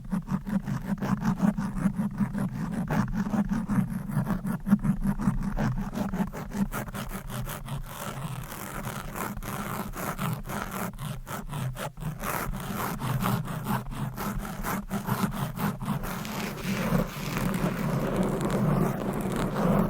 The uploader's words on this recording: Fast and Aggressive Mic Scratching - Brain Scratching with Long Nails. No Talking.